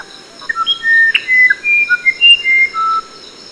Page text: Musician Wren From British Library - wildlife sounds